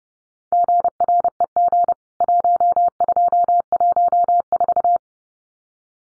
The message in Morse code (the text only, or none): GREG 1214